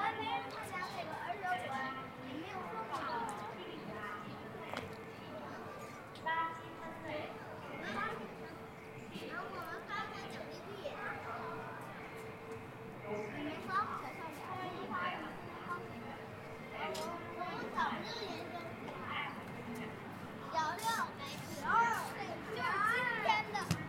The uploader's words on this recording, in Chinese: 北京地坛。